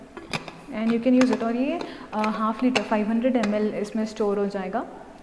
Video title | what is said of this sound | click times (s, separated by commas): MUST HAVE things from AMAZON -Most useful Gadgets that work - India - AMAZON Haul -CHRISTMAS 2020 | it's a good thing, lock हो जाता है and | 0.4 s